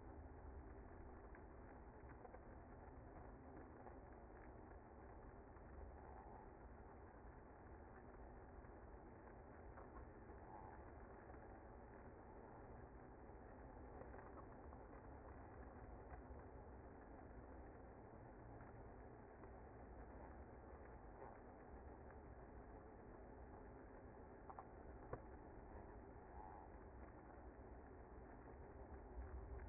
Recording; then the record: honeybee colony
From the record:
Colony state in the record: active